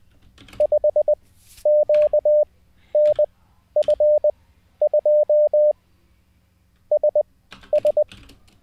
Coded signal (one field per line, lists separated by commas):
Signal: Morse code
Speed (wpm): 20 wpm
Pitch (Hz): 600 Hz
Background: none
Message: 5QNF2 SS